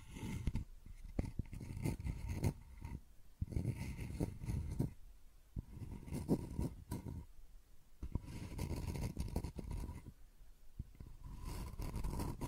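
Scratching and tracing sounds come in uneven bursts, rough strokes with a low, rumbling body and a hissy top edge. Short sharp clicks and scrapes punctuate the strokes every second or so, separated by brief quieter pauses.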